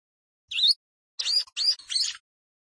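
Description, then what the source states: Prinia song: one high buzzy sweeping note, then a brief pause and three more wheezy, slurred notes in quick succession; nothing else heard. Rice field (sawah) habitat.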